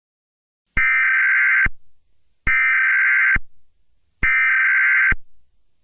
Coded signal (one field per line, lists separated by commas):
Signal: Emergency Alert System (SAME) tones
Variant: header bursts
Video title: EAS Scenario 5 - Zombie Apocalypse (PT 1)